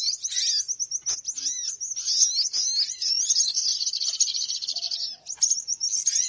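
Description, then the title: Birds giving a steady mass of high-pitched chirps and trills, with looping whistled notes and a brief lull before the chattering resumes. Noisy bird lure sounds for attracting birds, said to draw many birds in soon after they start. "Baru Diputar Dah Banyak Merapat! Suara Pikat Burung Ribut"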